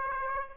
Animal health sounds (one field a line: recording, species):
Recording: mosquito wingbeat signal from an infrared sensor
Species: Aedes aegypti